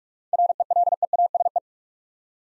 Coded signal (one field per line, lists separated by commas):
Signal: Morse code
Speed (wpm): 47 wpm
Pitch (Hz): 700 Hz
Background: none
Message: RELEASE